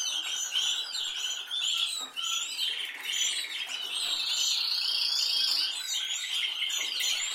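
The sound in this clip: Canary song, dense and busy, with many quick high chirps, whistles and twittering notes.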